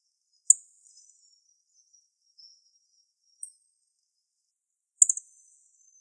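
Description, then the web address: Yellow-throated bunting giving short, piercing high-pitched call notes: a clear one at the start, a few fainter ones through the middle, and a strong one near the end, otherwise quiet. Recorded 26 December 2014. "birdenaga miyamahojiro"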